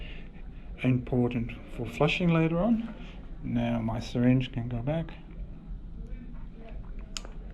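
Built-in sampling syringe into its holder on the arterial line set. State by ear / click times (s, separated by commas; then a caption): seated / 7.2 s. Someone talks while pushing the built-in blood-sampling syringe of an arterial line set back into its holder. At 7.2 s a sharp click is heard as the syringe latches in place under the extra lever, seating it.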